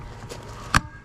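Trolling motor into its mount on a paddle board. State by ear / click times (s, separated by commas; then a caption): seated / 0.8 s. A trolling motor is rocked down into its mount on a fishing paddle board. Low background noise precedes a single sharp, loud snap at 0.8 s as it seats firmly in place.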